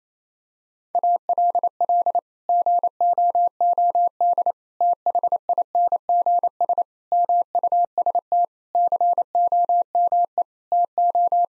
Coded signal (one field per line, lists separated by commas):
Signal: Morse code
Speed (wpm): 28 wpm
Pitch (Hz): 700 Hz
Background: none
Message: ALL GOOD THINGS MUST COME TO